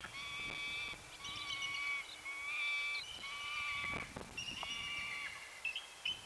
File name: BAEA 8 10 20 Pt Williams Pk